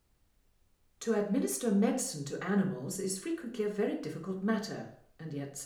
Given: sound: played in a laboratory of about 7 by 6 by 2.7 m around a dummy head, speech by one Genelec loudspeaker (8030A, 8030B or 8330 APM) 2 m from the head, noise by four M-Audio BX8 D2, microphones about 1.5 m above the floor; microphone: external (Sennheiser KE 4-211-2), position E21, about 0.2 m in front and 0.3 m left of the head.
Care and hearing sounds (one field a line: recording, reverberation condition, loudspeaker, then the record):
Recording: female speech in English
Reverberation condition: medium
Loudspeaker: 120 degrees to the left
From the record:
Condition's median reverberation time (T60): about 510 ms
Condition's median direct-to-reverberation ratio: about -0.5 dB